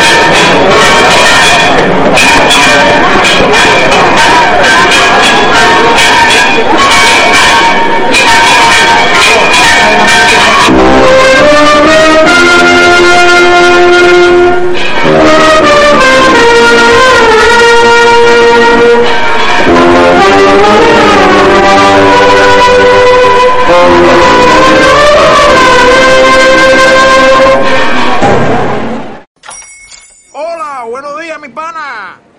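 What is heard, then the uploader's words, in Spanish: The bells of Santa María peal in a dense, continuous ringing, many strokes overlapping into a bright, clanging wash with lingering tones. The ringing stays steady and loud for nearly thirty seconds, then cuts off abruptly, leaving a brief stretch of faint wavering sound. Redoble de las campanas de Santa María durante la procesión de la Virgen del Collado en Santisteban del Puerto (JAÉN).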